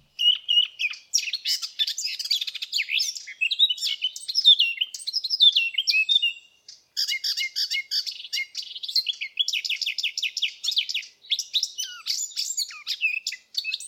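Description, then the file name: Eurasian blackcap warbling in long bursts of varied chirps and slurs, with a short pause partway through, then rapid repeated ticking notes and whistles. "Sylvia atricapilla"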